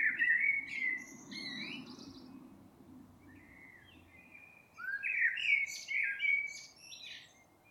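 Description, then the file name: Eurasian blackbird song: fluty warbled phrases with high twittering ends, a softer passage, then a louder rich phrase. "Turdus merula"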